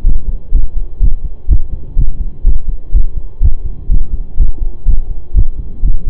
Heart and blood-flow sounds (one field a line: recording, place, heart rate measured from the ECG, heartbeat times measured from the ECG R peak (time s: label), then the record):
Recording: heart sounds by stethoscope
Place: between the tricuspid and mitral areas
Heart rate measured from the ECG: 124 bpm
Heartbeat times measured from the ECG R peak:
0.05 s: heartbeat
0.53 s: heartbeat
1.01 s: heartbeat
1.49 s: heartbeat
1.97 s: heartbeat
2.45 s: heartbeat
2.93 s: heartbeat
3.41 s: heartbeat
3.90 s: heartbeat
4.38 s: heartbeat
4.86 s: heartbeat
5.35 s: heartbeat
5.83 s: heartbeat
From the record:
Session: pedaling a stationary bicycle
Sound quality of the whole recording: saturated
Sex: male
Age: 25 years